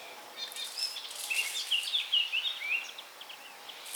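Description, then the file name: Eurasian blackcap song, a fast, varied warbling phrase of bright, sliding notes, over faint background hiss. "Sylvia atricapilla"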